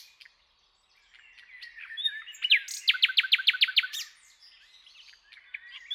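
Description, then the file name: Common nightingale song: soft chirps lead into a loud burst of rapid repeated sharp notes, then quieter twittering. "Luscinia megarhynchos"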